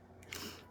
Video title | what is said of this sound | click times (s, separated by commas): Quoi d'neuf?! * APRIL 11 2022 * DEMO TECHNIQUE | and you want to hear a click when you put the cap back on | 0.3 s